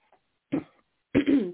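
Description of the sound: Two brief, rough voiced bursts about half a second apart: an adult woman, a radio host who is losing her voice, coughs and clears her throat.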